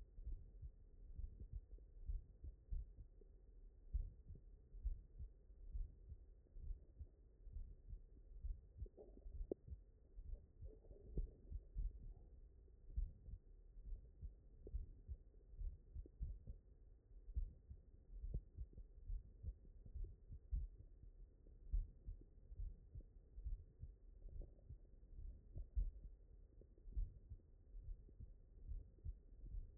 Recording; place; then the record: heart sounds by stethoscope; mitral valve (MV)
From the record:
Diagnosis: non-HFrEF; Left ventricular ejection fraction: 74%